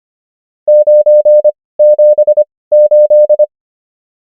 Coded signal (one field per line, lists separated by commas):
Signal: Morse code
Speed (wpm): 25 wpm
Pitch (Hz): 600 Hz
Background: none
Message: 978